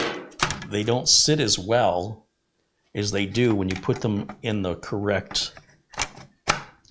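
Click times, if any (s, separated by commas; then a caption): 6.5 s. Someone talks while refitting a side panel onto a small form-factor NUC 9i5QNX PC chassis, this time on its correct side with the skull facing the front, after it fell out when fitted on the wrong side. The panel snaps into place with a sharp click at 6.5 s, seating easily.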